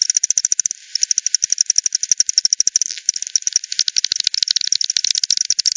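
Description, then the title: Bat echolocation calls, a steady ticking stream of sharp clicks, briefly thinning near one second before picking up again at a quick, even pace. Multiple bats at the Hogsmill River, Hogsmill Lane, 7 October 2020 at 18:10 UTC; recorded with frequency division by ten, band-pass filtered and resampled. "bat 20201007 T 18 : 10 Z-Hogsmill-Lane-Hogsmill-River-multiple-bats"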